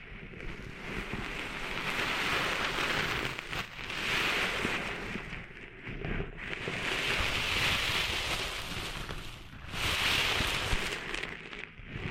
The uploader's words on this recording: ASMR Cleaning Sand Out of Your Ears (No Talking).